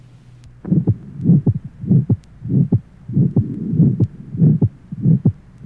Age 2, tetralogy of Fallot, left sternal border area.